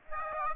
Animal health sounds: mosquito wingbeat signal from an infrared sensor; Aedes aegypti

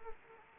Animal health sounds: mosquito wingbeat signal from an infrared sensor; Anopheles arabiensis

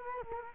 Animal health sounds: mosquito wingbeat signal from an infrared sensor; Culex quinquefasciatus

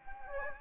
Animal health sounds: mosquito wingbeat signal from an infrared sensor; Anopheles gambiae

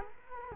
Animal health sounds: mosquito wingbeat signal from an infrared sensor; Culex quinquefasciatus

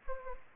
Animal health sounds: mosquito wingbeat signal from an infrared sensor; Anopheles gambiae

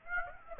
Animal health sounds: mosquito wingbeat signal from an infrared sensor; Aedes aegypti

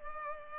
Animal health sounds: mosquito wingbeat signal from an infrared sensor; Culex pipiens

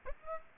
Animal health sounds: mosquito wingbeat signal from an infrared sensor; Aedes aegypti

